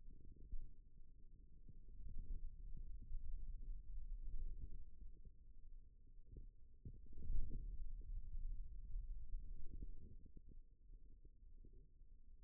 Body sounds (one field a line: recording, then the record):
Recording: forearm muscle sounds (acoustic myography)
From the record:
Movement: radial deviation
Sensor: system 2, bracelet of six BSWA MPA416 microphones around the upper forearm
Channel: 1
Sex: male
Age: 22 years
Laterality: right